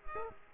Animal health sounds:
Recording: mosquito wingbeat signal from an infrared sensor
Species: Culex quinquefasciatus

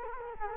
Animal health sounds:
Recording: mosquito wingbeat signal from an infrared sensor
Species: Culex quinquefasciatus

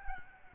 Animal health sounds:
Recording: mosquito wingbeat signal from an infrared sensor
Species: Aedes albopictus

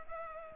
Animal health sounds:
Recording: mosquito wingbeat signal from an infrared sensor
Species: Culex pipiens

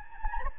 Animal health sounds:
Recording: mosquito wingbeat signal from an infrared sensor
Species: Anopheles gambiae

